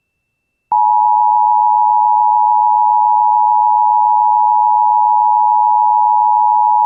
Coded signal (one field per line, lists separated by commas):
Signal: Emergency Alert System (SAME) tones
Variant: 853 and 960 Hz attention tone